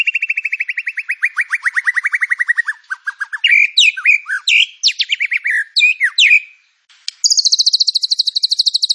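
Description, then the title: White-rumped shama song: a long fast trill of repeated notes falling slightly, then varied sweeping whistles, a short pause, and a high buzzy rapid trill. Lure and song-filling training material for cage birds. "PANCINGAN MURAI BATU. MURAI BATU FULL MATERI ISIAN"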